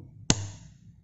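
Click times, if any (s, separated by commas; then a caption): 0.3 s. A RAM module is inserted into the memory slot of an Asus X454Y A8 7410 laptop and pressed down until the retaining clips snap at 0.3 s. A single sharp click stands out over a quiet low hum, followed by a brief low ringing tail. The module is seated tight and not loose.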